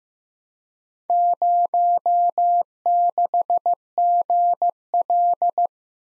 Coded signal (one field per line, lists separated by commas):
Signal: Morse code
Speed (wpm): 15 wpm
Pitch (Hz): 700 Hz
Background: none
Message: 06GL